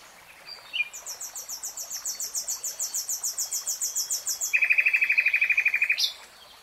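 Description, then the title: Nightingale song: a long series of rapid high clicking notes, then a fast rattling trill of repeated pulses lasting over a second, ending in a sharp high note. "[Tiếng chim hót] REALTIME Nightingale Singing"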